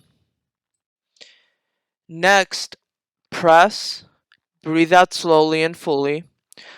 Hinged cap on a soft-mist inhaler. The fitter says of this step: then open the cap until it snaps fully open